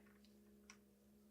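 While servicing a 2022 FOX Factory FLOAT X bike rear shock damper, a small spring is lined up with its notches in the adjuster assembly and carefully inserted. A single short tick at 0.7 s is heard over a steady low hum as it drops into the notches. The spring is seated, confirmed because the part no longer turns left and right.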